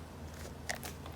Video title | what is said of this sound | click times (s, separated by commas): Dust Right Flexiport Power Tool Hose Kit; Perfect and solves a frustrating problem. | Maybe you've heard that or not, but that clicks. | 0.7 s